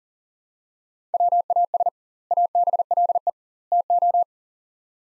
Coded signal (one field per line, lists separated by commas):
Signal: Morse code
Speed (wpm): 37 wpm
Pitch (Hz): 700 Hz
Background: none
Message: WAS ABLE TO